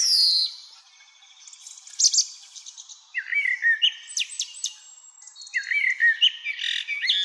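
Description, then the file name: Common blackbird song in uneven bursts of low fluted notes and high squeaky twitters. "Turdus merula"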